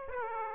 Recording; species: mosquito wingbeat signal from an infrared sensor; Aedes aegypti